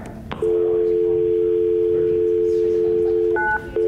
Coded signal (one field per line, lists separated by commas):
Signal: telephone call progress tone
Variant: North America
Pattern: dial tone